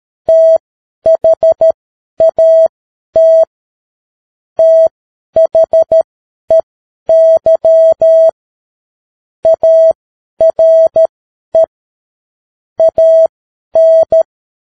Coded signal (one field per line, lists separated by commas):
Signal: Morse code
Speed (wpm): 13 wpm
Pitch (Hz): 650 Hz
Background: none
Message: THAT THEY ARE AN